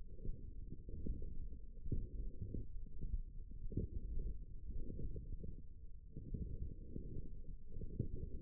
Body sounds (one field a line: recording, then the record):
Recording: forearm muscle sounds (acoustic myography)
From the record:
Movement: forearm pronation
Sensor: system 1, eight BSWA MPA416 microphones around the upper forearm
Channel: 4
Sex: male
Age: 18 years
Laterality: right